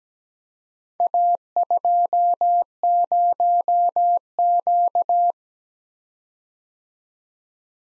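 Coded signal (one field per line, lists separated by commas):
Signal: Morse code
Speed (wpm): 17 wpm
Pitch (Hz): 700 Hz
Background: none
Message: A20Q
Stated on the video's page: Morse code practice at 17 wpm: random four-character letter-number groups for head-copy, sent, then spoken, then sent again.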